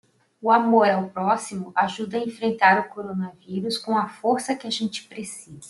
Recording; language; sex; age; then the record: spoken sentence; Brazilian Portuguese; female; 50 to 59 years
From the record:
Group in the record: control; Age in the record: 57 years